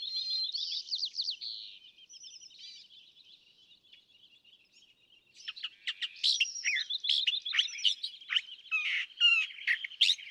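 California thrasher singing a varied medley, a buzzy trill first, a quieter stretch, then rapid mixed chips, squeaks and scratchy notes.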